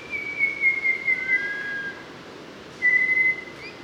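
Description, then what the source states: Mangrove robin giving a long, clear whistle that drops slightly, a lower whistle overlapping, then a fresh steady whistle after a pause. Papua New Guinea.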